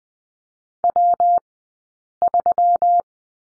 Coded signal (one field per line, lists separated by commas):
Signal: Morse code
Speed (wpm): 20 wpm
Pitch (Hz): 700 Hz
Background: none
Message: W3